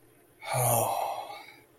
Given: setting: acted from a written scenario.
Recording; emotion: vocal sound without words; contentment